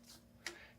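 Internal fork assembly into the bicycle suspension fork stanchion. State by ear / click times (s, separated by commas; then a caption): seated / 0.5 s. An internal assembly of a RockShox 35 Silver TK A1 chassis bicycle suspension fork is pressed up into the metal stanchion and pushed in until it locks. A single sharp click is heard at 0.5 s over a quiet background. The assembly locks into place, and the seating is confirmed.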